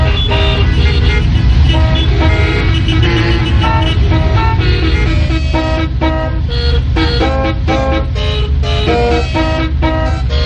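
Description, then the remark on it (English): Loud, dense street traffic with engines rumbling low and a steady run of car horns honking, short and long blasts overlapping in bright, tonal bursts throughout. “Change your traffic soundtrack?”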